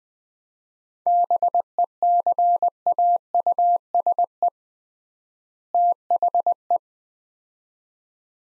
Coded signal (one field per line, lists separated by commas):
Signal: Morse code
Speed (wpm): 20 wpm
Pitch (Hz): 700 Hz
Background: none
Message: BECAUSE THE